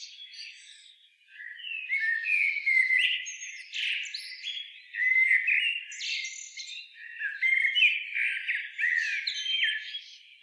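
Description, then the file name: Common blackbird giving dense, chattering notes in several loud bursts with brief dips between, mixing squeaky whistles and harsh, scratchy sounds. "Turdus merula"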